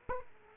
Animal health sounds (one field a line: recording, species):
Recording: mosquito wingbeat signal from an infrared sensor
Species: Aedes aegypti